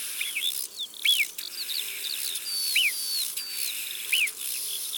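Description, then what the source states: Alpine marmot whistles: three sharp, arched, high calls spaced about one and a half seconds apart, with many thin bird chirps and whistles around them. Recorded in Isère, France.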